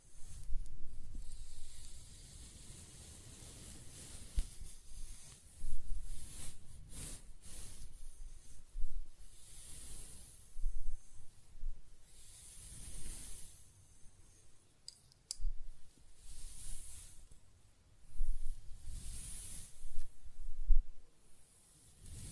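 Close-up hair sounds: brushing and stroking strokes come in soft, airy bursts of hiss, roughly every one to two seconds. Each pass swells and fades, with low rubbing thumps underneath and brief scratchy crackles, including a sharper one around fifteen seconds.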